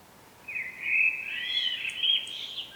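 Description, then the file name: Common blackbird giving one extended call that starts abruptly and holds a rough, slightly rising tone, with light background hiss. "Turdus merula"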